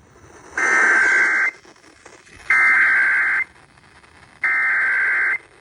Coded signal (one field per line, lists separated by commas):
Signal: Emergency Alert System (SAME) tones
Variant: header bursts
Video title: FLAMBER For St. Lucie County (EAS#455)